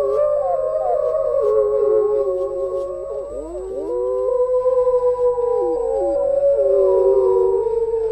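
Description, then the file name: Wolf chorus howls, sustained overlapping tones that dip sharply midway, then rise again into long, gently wavering notes. Several wolves howling. "Sound Effects Factory - Wolfs Howling"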